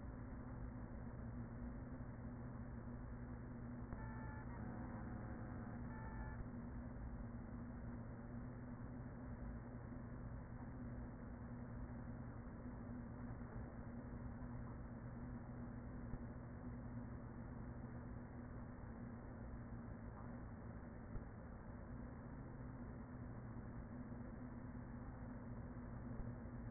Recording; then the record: honeybee colony, microphone inside the hive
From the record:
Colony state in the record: queen present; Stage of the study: after two queens were removed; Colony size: about 40,000 bees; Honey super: no